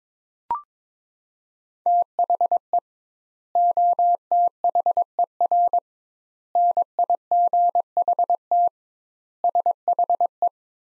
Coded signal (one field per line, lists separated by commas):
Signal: Morse code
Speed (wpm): 22 wpm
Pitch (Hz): 700 Hz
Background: none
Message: THE OTHER NIGHT SHE